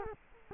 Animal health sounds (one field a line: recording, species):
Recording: mosquito wingbeat signal from an infrared sensor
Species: Culex quinquefasciatus